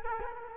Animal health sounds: mosquito wingbeat signal from an infrared sensor; Culex quinquefasciatus

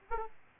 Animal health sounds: mosquito wingbeat signal from an infrared sensor; Aedes aegypti

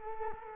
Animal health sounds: mosquito wingbeat signal from an infrared sensor; Culex quinquefasciatus

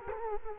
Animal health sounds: mosquito wingbeat signal from an infrared sensor; Culex quinquefasciatus

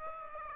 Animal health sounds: mosquito wingbeat signal from an infrared sensor; Aedes aegypti

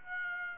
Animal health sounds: mosquito wingbeat signal from an infrared sensor; Aedes aegypti

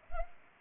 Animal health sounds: mosquito wingbeat signal from an infrared sensor; Culex pipiens

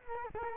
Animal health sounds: mosquito wingbeat signal from an infrared sensor; Culex quinquefasciatus

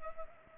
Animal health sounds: mosquito wingbeat signal from an infrared sensor; Culex pipiens

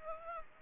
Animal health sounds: mosquito wingbeat signal from an infrared sensor; Aedes aegypti

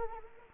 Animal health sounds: mosquito wingbeat signal from an infrared sensor; Anopheles arabiensis

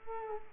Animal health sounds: mosquito wingbeat signal from an infrared sensor; Culex quinquefasciatus

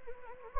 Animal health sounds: mosquito wingbeat signal from an infrared sensor; Anopheles gambiae

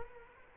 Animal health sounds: mosquito wingbeat signal from an infrared sensor; Culex quinquefasciatus

